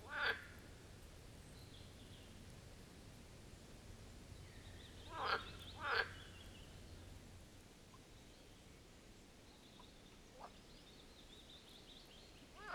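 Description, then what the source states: Marsh frog giving short rasping croaks, one then a close pair, with a few softer croaks later and faint high bird notes in the background. Chorus of marsh frogs at the Birkensee in Schönbuch, Germany, recorded on one of the first properly hot days of summer 2023.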